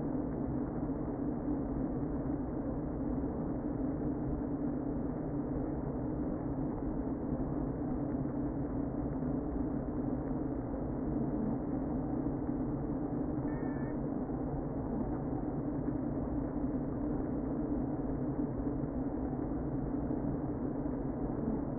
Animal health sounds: honeybee colony, microphone inside the hive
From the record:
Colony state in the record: queen present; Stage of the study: before two queens were removed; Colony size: about 60,000 bees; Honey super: yes

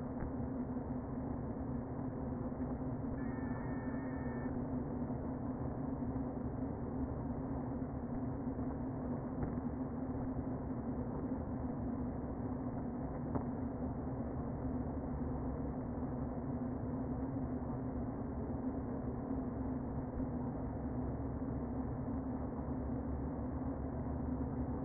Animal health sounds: honeybee colony, microphone inside the hive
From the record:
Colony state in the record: queen present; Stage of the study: before two queens were removed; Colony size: about 60,000 bees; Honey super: yes

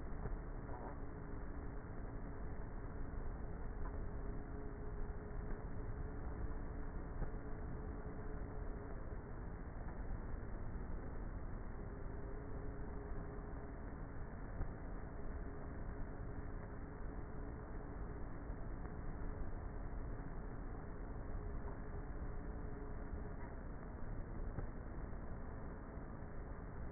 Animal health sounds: honeybee colony, microphone inside the hive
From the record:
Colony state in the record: queenless with a low population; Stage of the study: before two queens were removed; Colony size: about 30,000 bees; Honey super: no

